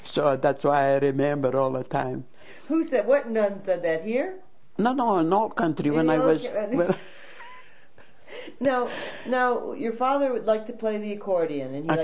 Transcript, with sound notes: So that's why I remember all the time.
Who said? What nuns said that, here?
No, no, in the old country, when I was... ( they laugh )
Now, your father would like to play the accordion, and he liked to sing.